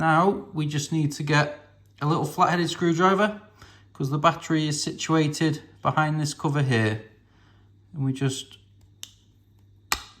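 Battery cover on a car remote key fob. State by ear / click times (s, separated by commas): released / 9.9 s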